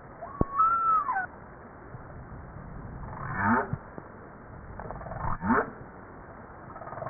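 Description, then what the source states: Humpback whale sounds: a brief whistled upsweep that bends down, then two pulsed harmonic bursts a couple of seconds apart over steady water noise. Recording published in JASA, 2013.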